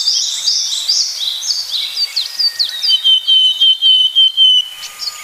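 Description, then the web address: Willow tit calling in a repeated string of notes after a burst of dense, thin chirping. "sikioto. kogara"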